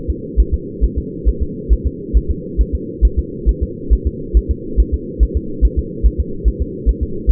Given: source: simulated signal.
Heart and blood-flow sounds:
fetal heart sounds
0.10 s: S2
0.40 s: S1
0.54 s: S2
0.84 s: S1
0.98 s: S2
1.29 s: S1
1.43 s: S2
1.73 s: S1
1.87 s: S2
2.17 s: S1
2.31 s: S2
2.61 s: S1
2.75 s: S2
3.05 s: S1
3.19 s: S2
3.49 s: S1
3.63 s: S2
3.93 s: S1
4.07 s: S2
4.37 s: S1
4.51 s: S2
4.80 s: S1
4.94 s: S2
5.23 s: S1
5.37 s: S2
5.65 s: S1
5.79 s: S2
6.06 s: S1
6.20 s: S2
6.48 s: S1
6.62 s: S2
6.89 s: S1
7.03 s: S2
7.31 s: S1
From the record:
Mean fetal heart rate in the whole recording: 140 bpm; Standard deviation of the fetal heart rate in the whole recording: 2 bpm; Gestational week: 34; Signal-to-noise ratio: -4.3 dB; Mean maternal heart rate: 72 bpm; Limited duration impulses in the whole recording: absent

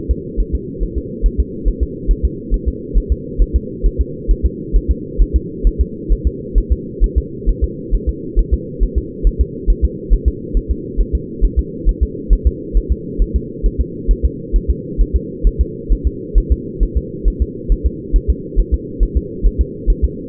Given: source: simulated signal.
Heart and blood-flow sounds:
fetal heart sounds
0.11 s: S2
0.40 s: S1
0.55 s: S2
0.83 s: S1
0.98 s: S2
1.26 s: S1
1.40 s: S2
1.68 s: S1
1.83 s: S2
2.11 s: S1
2.25 s: S2
2.54 s: S1
2.68 s: S2
2.98 s: S1
3.12 s: S2
3.42 s: S1
3.56 s: S2
3.86 s: S1
4.01 s: S2
4.31 s: S1
4.45 s: S2
4.76 s: S1
4.91 s: S2
5.22 s: S1
5.36 s: S2
5.67 s: S1
5.81 s: S2
6.12 s: S1
6.27 s: S2
6.58 s: S1
6.72 s: S2
7.04 s: S1
7.18 s: S2
7.49 s: S1
7.64 s: S2
7.95 s: S1
8.09 s: S2
8.39 s: S1
8.53 s: S2
8.83 s: S1
8.98 s: S2
9.27 s: S1
9.41 s: S2
9.70 s: S1
9.84 s: S2
10.14 s: S1
10.28 s: S2
10.57 s: S1
10.71 s: S2
11.01 s: S1
11.15 s: S2
11.45 s: S1
11.59 s: S2
11.89 s: S1
12.03 s: S2
12.33 s: S1
12.47 s: S2
12.77 s: S1
12.92 s: S2
13.22 s: S1
13.36 s: S2
13.66 s: S1
13.81 s: S2
14.11 s: S1
14.25 s: S2
14.56 s: S1
14.70 s: S2
15.01 s: S1
15.16 s: S2
15.47 s: S1
15.61 s: S2
15.92 s: S1
16.07 s: S2
16.38 s: S1
16.52 s: S2
16.83 s: S1
16.97 s: S2
17.28 s: S1
17.42 s: S2
17.72 s: S1
17.86 s: S2
18.16 s: S1
18.30 s: S2
18.59 s: S1
18.74 s: S2
19.03 s: S1
19.17 s: S2
19.47 s: S1
19.61 s: S2
19.90 s: S1
20.05 s: S2
From the record:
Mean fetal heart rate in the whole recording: 135 bpm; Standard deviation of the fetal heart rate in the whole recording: 3 bpm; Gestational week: 36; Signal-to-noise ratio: -4.1 dB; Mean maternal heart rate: no maternal heart sound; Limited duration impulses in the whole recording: absent

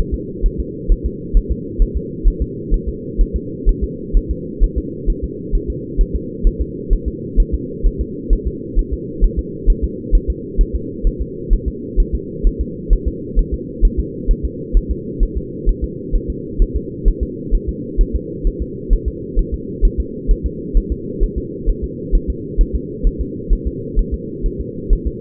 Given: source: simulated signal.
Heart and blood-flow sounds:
fetal heart sounds
0.14 s: S2
0.46 s: S1
0.60 s: S2
0.92 s: S1
1.06 s: S2
1.37 s: S1
1.52 s: S2
1.82 s: S1
1.97 s: S2
2.28 s: S1
2.42 s: S2
2.74 s: S1
2.89 s: S2
3.21 s: S1
3.36 s: S2
3.69 s: S1
3.84 s: S2
4.17 s: S1
4.31 s: S2
4.64 s: S1
4.78 s: S2
5.10 s: S1
5.24 s: S2
5.55 s: S1
5.70 s: S2
6.01 s: S1
6.16 s: S2
6.47 s: S1
6.62 s: S2
6.93 s: S1
7.08 s: S2
7.40 s: S1
7.55 s: S2
7.87 s: S1
8.01 s: S2
8.33 s: S1
8.48 s: S2
8.79 s: S1
8.93 s: S2
9.24 s: S1
9.39 s: S2
9.70 s: S1
9.84 s: S2
10.15 s: S1
10.30 s: S2
10.61 s: S1
10.76 s: S2
11.07 s: S1
11.22 s: S2
11.53 s: S1
11.68 s: S2
12.00 s: S1
12.15 s: S2
12.47 s: S1
12.61 s: S2
12.93 s: S1
13.08 s: S2
13.39 s: S1
13.54 s: S2
13.85 s: S1
14.00 s: S2
14.31 s: S1
14.45 s: S2
14.77 s: S1
14.91 s: S2
15.23 s: S1
15.38 s: S2
15.69 s: S1
15.84 s: S2
16.16 s: S1
16.30 s: S2
16.62 s: S1
16.77 s: S2
17.08 s: S1
17.23 s: S2
17.55 s: S1
17.69 s: S2
18.01 s: S1
18.16 s: S2
18.47 s: S1
18.62 s: S2
18.93 s: S1
19.08 s: S2
19.39 s: S1
19.54 s: S2
19.85 s: S1
20.00 s: S2
20.31 s: S1
20.46 s: S2
20.77 s: S1
20.92 s: S2
21.24 s: S1
21.38 s: S2
21.69 s: S1
21.84 s: S2
22.15 s: S1
22.30 s: S2
22.61 s: S1
22.76 s: S2
23.07 s: S1
23.21 s: S2
23.53 s: S1
23.67 s: S2
23.99 s: S1
24.14 s: S2
24.46 s: S1
24.61 s: S2
24.93 s: S1
25.07 s: S2
From the record:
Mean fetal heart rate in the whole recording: 130 bpm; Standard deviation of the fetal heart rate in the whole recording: 4 bpm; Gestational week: 38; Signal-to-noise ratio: -4.1 dB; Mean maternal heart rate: no maternal heart sound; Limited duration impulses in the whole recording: absent

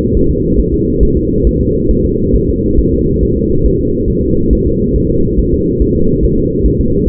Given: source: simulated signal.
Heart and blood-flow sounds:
fetal heart sounds
0.17 s: S1
0.31 s: S2
0.60 s: S1
0.74 s: S2
1.03 s: S1
1.17 s: S2
1.47 s: S1
1.61 s: S2
1.91 s: S1
2.05 s: S2
2.36 s: S1
2.50 s: S2
2.79 s: S1
2.94 s: S2
3.23 s: S1
3.37 s: S2
3.66 s: S1
3.81 s: S2
4.10 s: S1
4.24 s: S2
4.53 s: S1
4.67 s: S2
4.96 s: S1
5.11 s: S2
5.39 s: S1
5.54 s: S2
5.82 s: S1
5.96 s: S2
6.25 s: S1
6.39 s: S2
6.66 s: S1
6.81 s: S2
7.08 s: S1
From the record:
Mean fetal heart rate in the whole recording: 140 bpm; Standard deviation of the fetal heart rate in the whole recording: 2 bpm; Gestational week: 34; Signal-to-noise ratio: -15.3 dB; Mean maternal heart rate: 72 bpm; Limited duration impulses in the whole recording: present

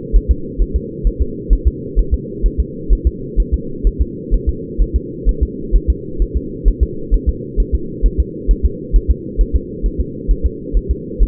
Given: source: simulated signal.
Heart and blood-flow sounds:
fetal heart sounds
0.16 s: S1
0.31 s: S2
0.62 s: S1
0.76 s: S2
1.07 s: S1
1.22 s: S2
1.53 s: S1
1.67 s: S2
1.99 s: S1
2.14 s: S2
2.46 s: S1
2.60 s: S2
2.93 s: S1
3.07 s: S2
3.40 s: S1
3.54 s: S2
3.87 s: S1
4.01 s: S2
4.34 s: S1
4.49 s: S2
4.82 s: S1
4.96 s: S2
5.29 s: S1
5.43 s: S2
5.76 s: S1
5.90 s: S2
6.22 s: S1
6.37 s: S2
6.68 s: S1
6.83 s: S2
7.14 s: S1
7.29 s: S2
7.60 s: S1
7.75 s: S2
8.06 s: S1
8.20 s: S2
8.51 s: S1
8.66 s: S2
8.96 s: S1
9.11 s: S2
9.41 s: S1
9.56 s: S2
9.86 s: S1
10.01 s: S2
10.31 s: S1
10.46 s: S2
10.77 s: S1
10.91 s: S2
11.23 s: S1
From the record:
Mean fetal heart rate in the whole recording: 130 bpm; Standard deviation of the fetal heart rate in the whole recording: 2 bpm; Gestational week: 36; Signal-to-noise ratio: -4.3 dB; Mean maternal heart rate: 72 bpm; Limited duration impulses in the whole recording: absent

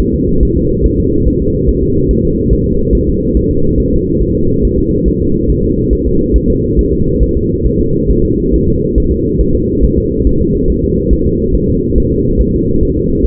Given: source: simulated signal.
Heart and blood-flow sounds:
fetal heart sounds
0.00 s: S1
0.14 s: S2
0.43 s: S1
0.57 s: S2
0.86 s: S1
1.00 s: S2
1.28 s: S1
1.42 s: S2
1.69 s: S1
1.83 s: S2
2.11 s: S1
2.25 s: S2
2.53 s: S1
2.67 s: S2
2.95 s: S1
3.09 s: S2
3.37 s: S1
3.51 s: S2
3.80 s: S1
3.94 s: S2
4.22 s: S1
4.37 s: S2
4.65 s: S1
4.79 s: S2
5.08 s: S1
5.22 s: S2
5.50 s: S1
5.64 s: S2
5.93 s: S1
6.07 s: S2
6.36 s: S1
6.50 s: S2
6.79 s: S1
6.93 s: S2
7.23 s: S1
7.37 s: S2
7.66 s: S1
7.81 s: S2
8.10 s: S1
8.25 s: S2
8.54 s: S1
8.68 s: S2
8.98 s: S1
9.12 s: S2
9.41 s: S1
9.55 s: S2
9.84 s: S1
9.99 s: S2
10.27 s: S1
10.41 s: S2
10.70 s: S1
10.84 s: S2
11.13 s: S1
11.27 s: S2
11.56 s: S1
11.69 s: S2
11.98 s: S1
12.12 s: S2
12.41 s: S1
12.55 s: S2
12.83 s: S1
12.97 s: S2
13.25 s: S1
From the record:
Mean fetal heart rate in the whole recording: 140 bpm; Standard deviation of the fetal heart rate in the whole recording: 2 bpm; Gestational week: 34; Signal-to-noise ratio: -15.3 dB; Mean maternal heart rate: 72 bpm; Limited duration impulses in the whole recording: present

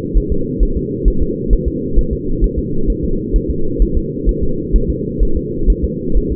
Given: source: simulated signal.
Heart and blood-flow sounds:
fetal heart sounds
0.18 s: S1
0.32 s: S2
0.63 s: S1
0.77 s: S2
1.08 s: S1
1.22 s: S2
1.53 s: S1
1.68 s: S2
1.99 s: S1
2.13 s: S2
2.44 s: S1
2.59 s: S2
2.90 s: S1
3.04 s: S2
3.36 s: S1
3.50 s: S2
3.82 s: S1
3.97 s: S2
4.29 s: S1
4.43 s: S2
4.76 s: S1
4.90 s: S2
5.23 s: S1
5.37 s: S2
5.70 s: S1
5.84 s: S2
6.17 s: S1
6.32 s: S2
From the record:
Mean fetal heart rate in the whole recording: 130 bpm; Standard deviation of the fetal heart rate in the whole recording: 2 bpm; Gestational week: 36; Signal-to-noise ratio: -8.1 dB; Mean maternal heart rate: 72 bpm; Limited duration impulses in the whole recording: absent

